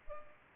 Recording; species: mosquito wingbeat signal from an infrared sensor; Culex pipiens